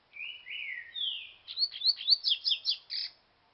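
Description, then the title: Double-collared seedeater song opening with three drawn-out, mostly falling whistles, then breaking into a rapid, bright series of about ten sweet chirps. "Canto Coleiro"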